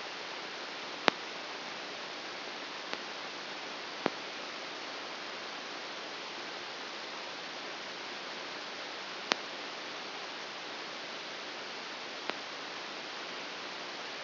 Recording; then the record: brain microelectrode recording played as sound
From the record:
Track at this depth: inside the subthalamic nucleus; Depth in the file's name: 0.806 mm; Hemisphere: right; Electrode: 2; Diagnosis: Parkinson's disease